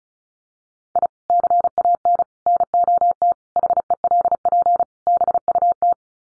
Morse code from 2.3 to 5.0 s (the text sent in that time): NOT HELP